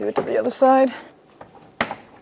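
Someone talks, then the lift gate light connector on the other side of a 2011–2021 Jeep Grand Cherokee inner taillight assembly is pushed into its lamp socket. A sharp click sounds at 1.8 s, and the connector is seated.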